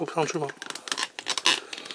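Someone talks while pushing a soft-vinyl claw piece onto the front claw of a 2022 Black Seed Toys Titanus soft-vinyl dinosaur robot toy after a failed first try. Sharp handling taps and clatters come at about 0.9, 1.0, 1.4 and 1.5 s. Nothing has seated or clicked into place yet.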